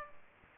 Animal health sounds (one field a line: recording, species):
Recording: mosquito wingbeat signal from an infrared sensor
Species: Aedes aegypti